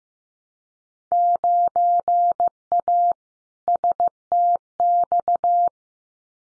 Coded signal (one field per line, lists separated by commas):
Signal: Morse code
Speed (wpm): 15 wpm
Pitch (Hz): 700 Hz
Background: none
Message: 9A STX